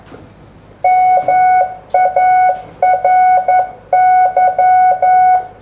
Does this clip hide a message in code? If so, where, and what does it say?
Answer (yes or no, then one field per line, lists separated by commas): yes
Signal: Morse code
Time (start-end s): 0.8-5.4 s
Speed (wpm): 11 wpm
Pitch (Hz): 740 Hz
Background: none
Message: MARY